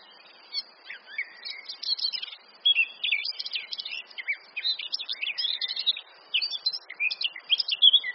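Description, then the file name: Eurasian blackcap song: continuous rapid, chattering warble of high scratchy notes with a faint background hiss throughout. "Sylvia atricapilla"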